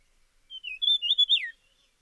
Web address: Dusky fulvetta. صدای-پرنده-چغک-چینی-تیره